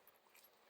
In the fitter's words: When you get it in there, you hear that click.